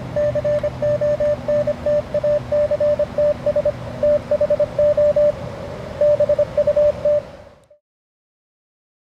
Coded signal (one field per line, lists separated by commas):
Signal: Morse code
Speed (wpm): 27 wpm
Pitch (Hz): 590 Hz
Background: radio noise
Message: CONTACTS THO BUT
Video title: Elecraft KX3 QRP Portable Radio at Lake Wheeler